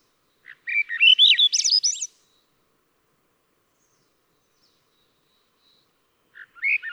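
Swainson's thrush: one full breezy phrase climbing steadily higher, then a long pause before the next phrase begins at the end.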